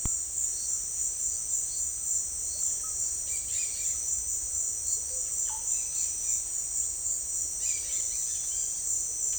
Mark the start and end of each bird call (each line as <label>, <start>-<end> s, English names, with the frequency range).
White-throated Toucan (1.0-1.8 kHz), 0.00-6.09 s
Dusky-headed Parakeet (1.3-6.2 kHz), 3.11-8.82 s
Russet-backed Oropendola (0.2-2.5 kHz), 4.94-5.72 s